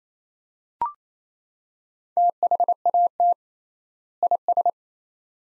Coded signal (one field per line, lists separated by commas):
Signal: Morse code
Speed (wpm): 28 wpm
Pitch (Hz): 700 Hz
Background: none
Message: THAT IS